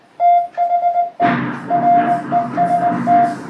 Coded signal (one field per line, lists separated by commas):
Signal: Morse code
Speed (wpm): 21 wpm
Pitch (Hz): 700 Hz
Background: music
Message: THE REST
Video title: MORSE CODE और कुछ यादें .......